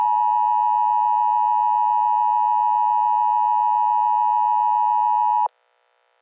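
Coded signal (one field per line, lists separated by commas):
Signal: Emergency Alert System (SAME) tones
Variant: 853 and 960 Hz attention tone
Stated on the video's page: Fictional EAS mock.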